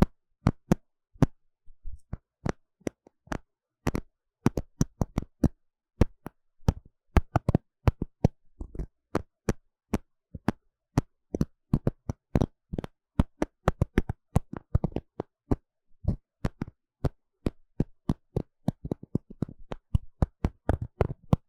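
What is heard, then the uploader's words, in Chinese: Crisp tapping and scratching near the ear, sharp clicks arriving in quick irregular bursts throughout, over near silence. 刺痛的鼓膜摳摳與敲打。Intense & Deep Sound NT5 Mic Scratching & Tapping | NoTalking。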